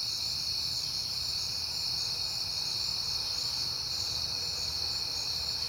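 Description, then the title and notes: Cricket chorus forming a continuous high-pitched shimmering trill, steady throughout, with a soft low rumble beneath. Crickets at night in September, recorded on a peaceful night. "Night Time: Crickets and Passing Cars. It is September and I have been hearing the crickets a lot, but finally had a peaceful night to make the recording"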